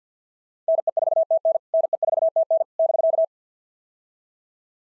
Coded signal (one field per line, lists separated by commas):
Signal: Morse code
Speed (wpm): 48 wpm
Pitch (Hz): 660 Hz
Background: none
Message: NE4TN NE4TN <BK>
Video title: POTA QSO Practice - 50wpm